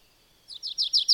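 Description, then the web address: Bird gives a short burst of four or five rapid, high, downward-slurred chirps after a brief quiet start. "madarak enek"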